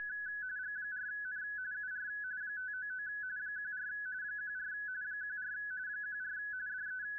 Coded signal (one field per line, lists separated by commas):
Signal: RTTY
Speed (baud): 45.45 baud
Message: G4N UR 599 14 14 14 14 DE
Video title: CQ WW RTTY Contest Livestream 28/09/24